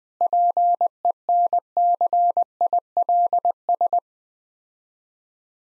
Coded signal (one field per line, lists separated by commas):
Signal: Morse code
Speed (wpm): 20 wpm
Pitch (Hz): 700 Hz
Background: none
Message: PENCILS